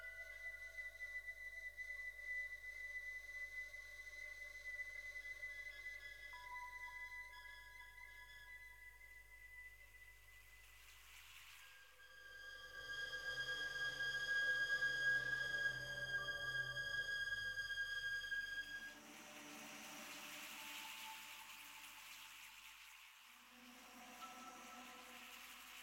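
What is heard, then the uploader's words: Soft electronic tones and breathy, flute-like notes hold long steady pitches, with a low hum beneath. Around twelve seconds a fuller, brighter swell rises and lingers until about nineteen seconds, then gives way to a hazier, watery wash with murmuring low notes near the end. The sounds of the Albanian Lengarica Canyon inspired me to create this piece where the gentle murmurs of the river intertwine harmoniously with the ethereal notes of a bass flute and electronic sounds, conjuring a tranquil ambiance. Lengarica Canyon reimagined by Carmen Terol.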